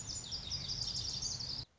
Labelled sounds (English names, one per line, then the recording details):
Lazuli Bunting
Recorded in Sonoma County, California